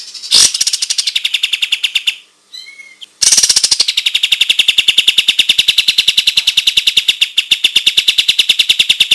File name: suara-kapas-tembak-versi 1